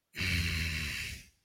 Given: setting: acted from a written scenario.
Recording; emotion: vocal sound without words; anger